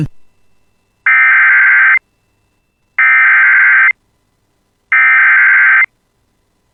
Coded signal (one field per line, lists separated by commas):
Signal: Emergency Alert System (SAME) tones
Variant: header bursts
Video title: [EAS] Polk County (Fosston Area) Severe Thunderstorm Warning (7/6/26)